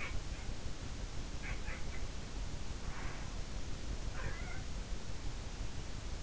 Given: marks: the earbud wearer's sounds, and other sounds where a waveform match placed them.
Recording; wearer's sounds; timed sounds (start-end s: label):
sounds in sleep by an in-ear microphone; breath
0.00-0.22 s: sound from someone else or the room
1.37-2.12 s: sound from someone else or the room
2.75-3.41 s: breath
4.09-4.73 s: sound from someone else or the room